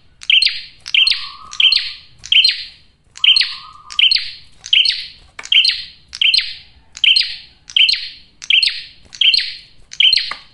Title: Masteran Duet Cililin Vs Kapas Tembak. PRENJAK JANTAN GACOR SUARA JERNIH, RAPET. " COCOK UNTUK PIKAT MAUPUN PANCINGAN BETINA "